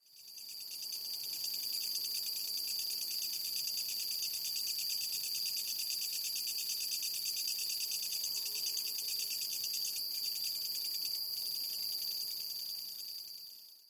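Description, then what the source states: Japanese katydid calling: a loud, continuous, harsh buzzing rattle with a steady high tone, unbroken throughout. Recorded 16 September 2008.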